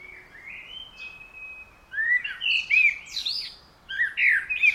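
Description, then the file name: Common blackbird delivering mellow fluted notes and squeaky high flourishes in quick, uneven succession. "Turdus merula"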